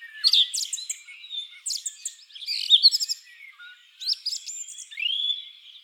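Song thrush song: bursts of sharp chattering notes and rising slurred whistles, delivered in separate phrases with short pauses between them.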